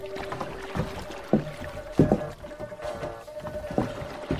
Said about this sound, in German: Sieh mal, das Schiff, mit dem wir heute Morgen angekommen sind. Eine schwarze Kriegsdschunke tauchte aus dem Nebel auf und wurde schnell zur Mündung des Perlflusses gerudert.